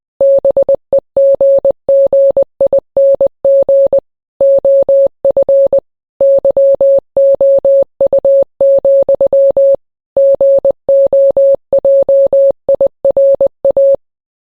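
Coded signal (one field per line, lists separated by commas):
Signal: Morse code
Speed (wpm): 20 wpm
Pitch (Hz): 550 Hz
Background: none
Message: BEGGING OF YOU, GOJIRA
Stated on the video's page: Fictional analog-horror recreation presented as an intercepted shortwave Morse transmission from an unknown source, repeating a warning.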